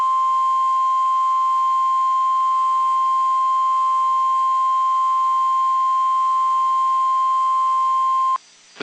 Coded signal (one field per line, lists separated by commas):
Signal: Emergency Alert System (SAME) tones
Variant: 1050 Hz attention tone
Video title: Child abduction emergency, EAS #130